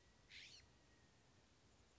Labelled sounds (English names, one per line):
California Scrub-Jay